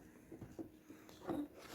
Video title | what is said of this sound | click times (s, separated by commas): Audi A4 B5 (2000) front door speakers access | then it clicks in | 1.1 s, 1.3 s